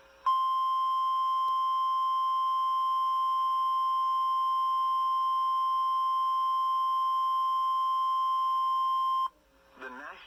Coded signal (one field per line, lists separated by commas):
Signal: Emergency Alert System (SAME) tones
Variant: 1050 Hz attention tone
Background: speech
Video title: EAS 1411 SVR NWS Lubbock (First with the new WJON Setup)